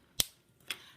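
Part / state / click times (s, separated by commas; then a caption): plastic cap onto a marker barrel / seated / 0.2 s. A plastic cap is snapped onto a marker barrel after the marker has been used, and it clicks shut at 0.2 s with a sharp, bright snap. A second, softer click follows at about 0.7 s, and the cap ends up seated on the marker.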